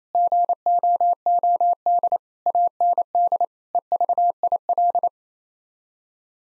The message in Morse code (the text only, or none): GOOD AND EVIL